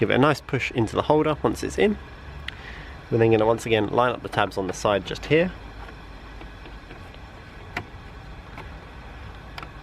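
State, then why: Seated. Someone talks while the side tabs of a clear/black Autobeam sequential/static plastic indicator lens unit are lined up and the unit is pushed into the wing mirror housing of a Fiesta ST180. After a quieter stretch with a few light knocks, two quick clicks at 9.6 s and 9.6 s mark the indicator unit seating in the mirror housing.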